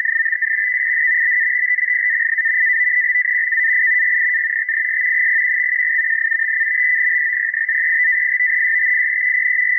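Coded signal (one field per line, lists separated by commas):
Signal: NAVTEX (SITOR-B)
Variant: 100 baud SITOR-B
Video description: Several warnings reported: Gunnery exercises and Aircraft firing exercises. 4209.5 kHz RTTY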